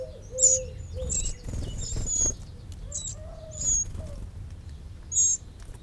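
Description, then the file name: Eurasian wren calls: short, very high sharp notes repeated irregularly, with some lower whistled notes and a rumbling background. "Troglodytes troglodytes"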